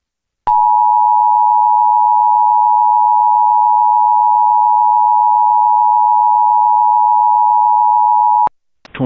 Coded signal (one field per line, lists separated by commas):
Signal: Emergency Alert System (SAME) tones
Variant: 853 and 960 Hz attention tone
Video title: EAS Mock: Tornado Emergency for ＤＡＶＩＤＳＯＮ County, North Carolina